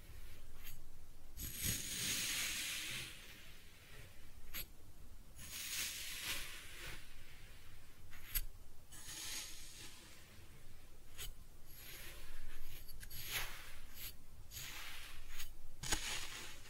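Kinetic sand is cut and scooped in repeated soft, grainy strokes, each a bright hissing rasp lasting about a second. The strokes come irregularly, roughly every one to two seconds, with a few sharp clicks between them and a low, steady rumble underneath.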